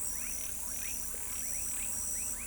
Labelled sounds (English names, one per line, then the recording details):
none
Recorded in pastures near Pivijay, Magdalena, Colombia, on 3 June 2023 at 19:00
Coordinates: 10.456, -74.369
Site P6-G026